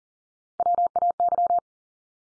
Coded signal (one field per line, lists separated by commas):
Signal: Morse code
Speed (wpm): 38 wpm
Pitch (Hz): 700 Hz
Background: none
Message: WAY